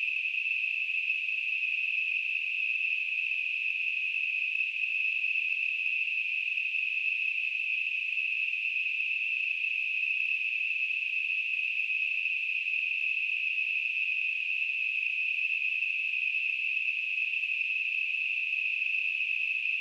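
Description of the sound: A steady, unchanging hiss centred on a high-pitched band, constant in loudness for about 20 seconds with no breaks. It is a simulation of tinnitus, the ringing or hissing that a person with the condition hears without any outside sound.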